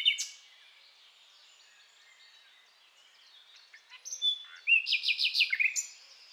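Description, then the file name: Common nightingale song: a brief loud note at the start, then a quiet stretch, then a phrase of rapid loud repeated notes near the end, with soft background birdsong. "Luscinia megarhynchos"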